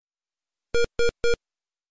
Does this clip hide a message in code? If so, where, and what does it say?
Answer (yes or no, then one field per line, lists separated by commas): no